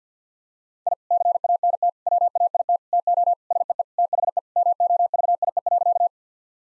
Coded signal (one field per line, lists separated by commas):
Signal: Morse code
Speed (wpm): 50 wpm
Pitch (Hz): 700 Hz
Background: none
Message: I CANT WAIT TO SEE THE MOVIE.